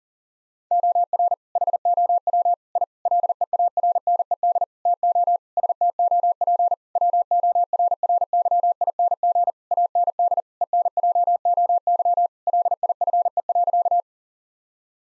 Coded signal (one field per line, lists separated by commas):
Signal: Morse code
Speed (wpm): 37 wpm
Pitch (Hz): 700 Hz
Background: none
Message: OR HOW I LEARNED TO STOP WORRYING AND ENJOY LIFE.